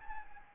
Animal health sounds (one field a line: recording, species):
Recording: mosquito wingbeat signal from an infrared sensor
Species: Anopheles gambiae